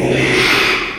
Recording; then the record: squeal of a Yucatan mini pig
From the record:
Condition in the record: after surgery on the right vocal fold (resection and tissue-engineered implant); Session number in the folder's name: 1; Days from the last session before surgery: 6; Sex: male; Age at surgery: 12 weeks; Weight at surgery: 13 kg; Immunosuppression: cyclosporine, prednisolone